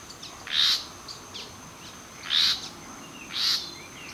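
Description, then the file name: Common nightingale calls: three loud harsh notes with a whistled core, spaced one to two seconds apart, with a steady high whine throughout. "Luscinia megarhynchos"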